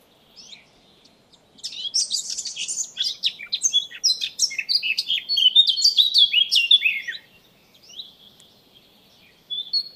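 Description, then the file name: Eurasian blackcap singing a rich, hurried warble of jumbled high notes that builds over several seconds, then trails off into thin, quieter notes. "Sylvia atricapilla"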